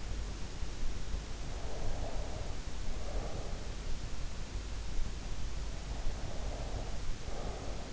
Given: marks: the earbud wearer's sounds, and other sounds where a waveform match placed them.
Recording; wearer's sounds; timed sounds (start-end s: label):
sounds in sleep by an in-ear microphone; breath
1.53-3.53 s: breath
5.85-7.93 s: breath